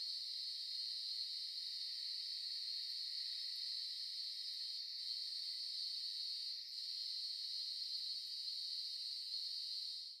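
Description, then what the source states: Cicadas give a loud, continuous high shrilling drone with a couple of brief dips, then fade out at the very end. Recorded in Melbourne.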